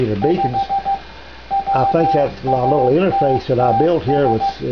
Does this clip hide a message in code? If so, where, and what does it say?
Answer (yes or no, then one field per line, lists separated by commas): yes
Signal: Morse code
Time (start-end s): 0.2-4.5 s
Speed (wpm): 15 wpm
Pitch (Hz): 790 Hz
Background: speech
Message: 5 WATTS